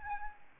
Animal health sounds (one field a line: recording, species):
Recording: mosquito wingbeat signal from an infrared sensor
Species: Aedes albopictus